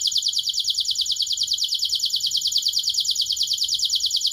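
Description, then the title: Canary singing a rapid, evenly pulsed high trill that runs continuously throughout, bright and rolling. Kenari described as gacor (actively singing), with the best cengkok (song phrasing) and the most lavish isian (fill-in song); kicaumania songbird hobby context. "Kenari Gacor Cengkok Terbaik Isian Paling Mewah Kenarigacor Kicaumania Kenari"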